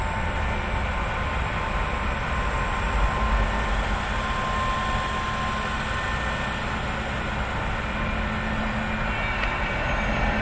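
A street sweeper roars steadily, a dense, unbroken mechanical rush with heavy low rumble and a grinding hiss layered above it. The level holds constant for the whole stretch, with faint thin tones and a brief click near the end.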